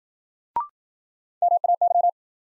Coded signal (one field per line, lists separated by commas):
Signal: Morse code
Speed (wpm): 53 wpm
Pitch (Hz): 700 Hz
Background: none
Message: MAY